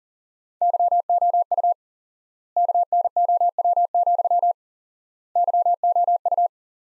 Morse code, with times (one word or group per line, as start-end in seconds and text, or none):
0.6-1.7 YOU
2.6-4.5 KNOW,
5.4-6.5 YOU